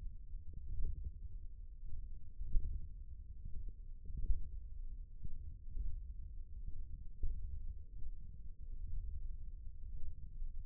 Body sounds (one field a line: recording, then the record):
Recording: forearm muscle sounds (acoustic myography)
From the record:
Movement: thumb flexion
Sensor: system 1, eight BSWA MPA416 microphones around the upper forearm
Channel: 7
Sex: male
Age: 20 years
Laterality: left